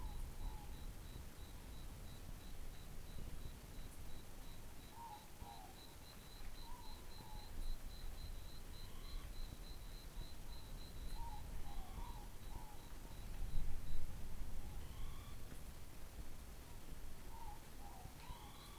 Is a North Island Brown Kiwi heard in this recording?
no